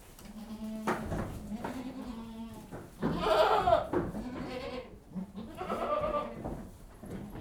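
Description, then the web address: Goats bleating: several wavering nasal bleats, one long and strained in the middle, others overlapping. Goats being fed, lots of bleating. "BBC Sound Effects Library. Goats Being Fed - Lots Of"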